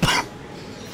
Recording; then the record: coughing mixed with background sound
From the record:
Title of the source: Coughing 46